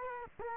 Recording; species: mosquito wingbeat signal from an infrared sensor; Culex quinquefasciatus